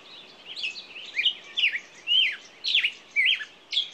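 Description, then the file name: Songbird singing short swooping whistled phrases roughly twice a second, with soft background hiss. Morning songbirds. "Echoes Of Nature-Morning Songbirds"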